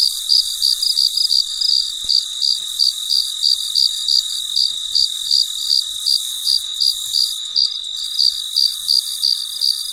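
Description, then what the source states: Cricket chirps, a rapid series of high pulses over a constant thin high ringing hum. Recorded late at night in very quiet surroundings.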